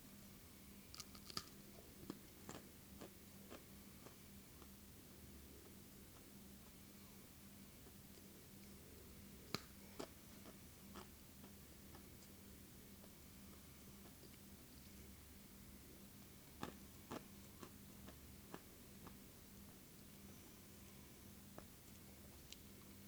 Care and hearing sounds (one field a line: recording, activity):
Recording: daily activity, guitar pickup as the sensor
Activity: eat